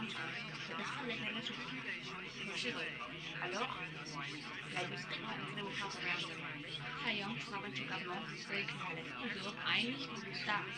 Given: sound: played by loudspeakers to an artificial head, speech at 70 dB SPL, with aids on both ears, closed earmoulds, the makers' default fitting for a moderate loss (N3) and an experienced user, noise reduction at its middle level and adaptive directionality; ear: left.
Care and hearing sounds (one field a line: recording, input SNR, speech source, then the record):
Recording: speech test signal (ISTS) in cocktail-party noise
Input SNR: 0 dB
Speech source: on the right (90 degrees)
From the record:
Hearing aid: class 2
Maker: F